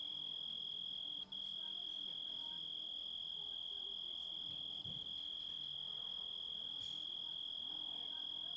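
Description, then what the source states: Grasshopper stridulation, a level high-pitched trill that runs on, with a very short dropout just after a second and soft low knocks. Composite of grasshopper sounds.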